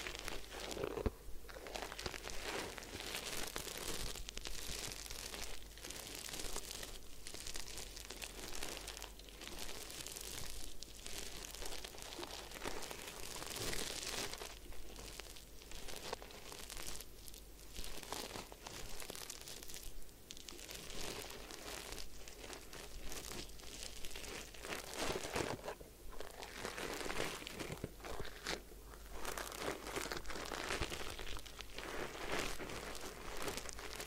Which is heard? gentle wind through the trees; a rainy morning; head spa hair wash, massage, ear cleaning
head spa hair wash, massage, ear cleaning